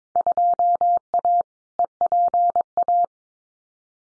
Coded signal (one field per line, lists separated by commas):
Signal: Morse code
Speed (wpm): 22 wpm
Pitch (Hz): 700 Hz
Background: none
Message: 2A EPA